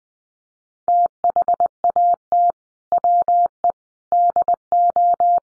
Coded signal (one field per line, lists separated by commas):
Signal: Morse code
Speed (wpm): 20 wpm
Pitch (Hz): 700 Hz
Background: none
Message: THAT WE DO